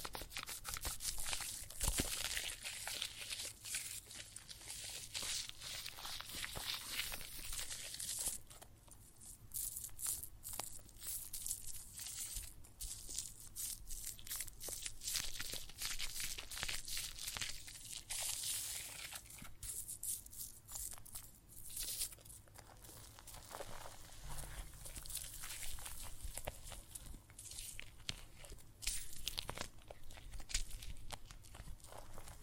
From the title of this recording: Water and Soap Foam Sounds